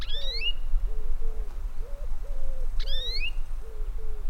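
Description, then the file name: European greenfinch giving two sharp, rising wheezy calls about 2.7 seconds apart, over a series of low hooting notes from another bird and a steady low rumble. "Chloris chloris"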